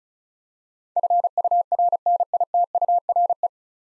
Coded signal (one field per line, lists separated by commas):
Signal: Morse code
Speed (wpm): 36 wpm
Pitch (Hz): 700 Hz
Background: none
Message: FURNITURE